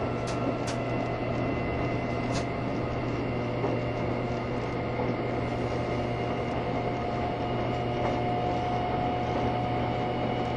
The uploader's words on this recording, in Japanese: 台鐵EMU1200型 自強號122次02 新營～彰化。縦貫線を北上する自強號のうち、吊掛駆動車両の台鐵EMU1200型電車を収録したものです。吊り掛け駆動独特のモーター音を唸らせながら爆走しています。